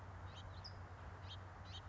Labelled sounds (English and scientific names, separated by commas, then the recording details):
California Towhee (Melozone crissalis)
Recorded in Sonoma County, California